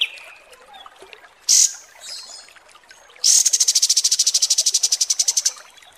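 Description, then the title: Kapas tembak song: a short high burst, a pause, then a high, buzzy rattling trill of quick repeated notes lasting about two seconds. Masteran training recording. "Masteran Kapas Tembak Mewah"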